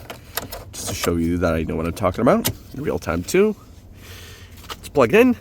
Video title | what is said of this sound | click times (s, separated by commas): 2020 Toyota CHR - Smart Module - Location and Removal (Documentation Pat 0) | Let your hands sit like so. And you'll hear a pop. | 0.4 s